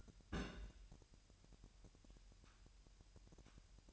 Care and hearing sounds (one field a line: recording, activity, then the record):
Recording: daily activity, microphone in the room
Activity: place on stove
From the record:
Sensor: 2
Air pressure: 1001.8 hPa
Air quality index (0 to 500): 240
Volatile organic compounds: 31 ppm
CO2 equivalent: 2977 ppm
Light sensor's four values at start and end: 5/11/4/5 and 5/11/4/5